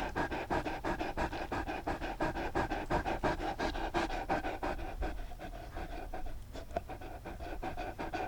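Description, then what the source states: Dog panting fast and regularly, around three breaths a second, easing slightly toward the end. Panting with some whining.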